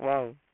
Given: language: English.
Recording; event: throat vibration sensor signal played as sound; speech